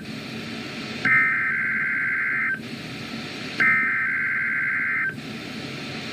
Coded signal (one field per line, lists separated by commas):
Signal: Emergency Alert System (SAME) tones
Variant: header bursts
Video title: EAS #45-46: Required Weekly Test